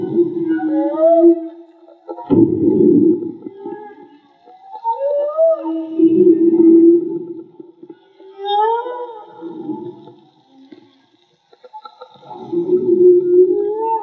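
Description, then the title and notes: Whale song units: tonal moans and rising upsweeps near the middle pitches, alternating with low rough grunting bursts, repeated in a slow varied sequence. Whale song; field recording made with DIY hydrophones, audio cleaned afterwards. "CANTO DE BALLENAS MAGMA. Grabación de campo y construcción dehidrofonos DIY: Jorge Barco. Limpieza de audio: Santiago Minotas"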